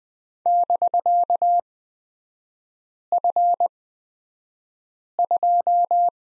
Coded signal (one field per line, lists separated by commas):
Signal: Morse code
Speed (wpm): 20 wpm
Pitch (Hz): 700 Hz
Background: none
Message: <BK>F2